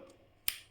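An interchangeable lens, after being removed by pressing the release knob, is fitted back onto a Canon DSLR camera body and snaps into the bayonet mount. A single sharp click at 0.5 s (0.48 s) stands out over a quiet background. The lens locks and is seated in the mount.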